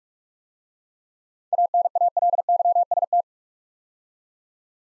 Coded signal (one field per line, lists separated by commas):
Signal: Morse code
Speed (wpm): 44 wpm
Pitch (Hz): 700 Hz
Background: none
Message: ANALYST